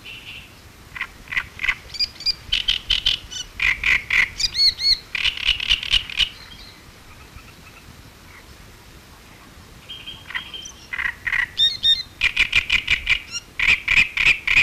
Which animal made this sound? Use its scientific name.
Acrocephalus arundinaceus